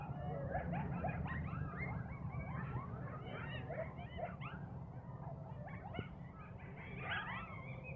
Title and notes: Coyotes in my yard - Jan 31 by Heather Schlegel